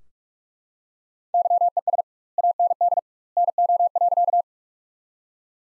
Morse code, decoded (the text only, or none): YES AND NO.